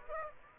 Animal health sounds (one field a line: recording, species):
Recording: mosquito wingbeat signal from an infrared sensor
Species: Aedes aegypti